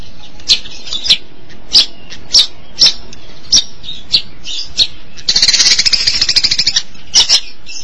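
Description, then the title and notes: Long-tailed Shrike song of harsh, scratchy notes at fairly regular intervals, then a dense buzzy chatter and a few more notes. "Pentet 201703. Suara burung pentet"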